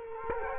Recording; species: mosquito wingbeat signal from an infrared sensor; Culex quinquefasciatus